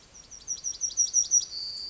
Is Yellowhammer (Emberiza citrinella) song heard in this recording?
yes